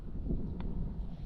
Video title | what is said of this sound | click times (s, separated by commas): FINALLY TRAPPING!! FIRST SETS OF 2025/2026 Feels good to be back out!! #trapping #duketraps #coyote | Hear that click? | 0.6 s